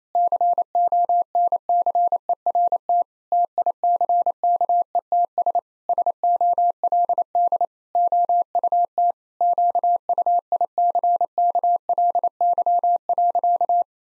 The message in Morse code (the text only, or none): CONCERT TICKETS SOLD OUT QUICKLY.